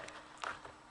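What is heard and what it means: A car door trim panel is tugged at a second spot along its bottom edge, and a retaining clip snaps loose with a sharp pop at 0.4 s amid faint scuffing and softer knocks. The clip is released and the panel comes loose there.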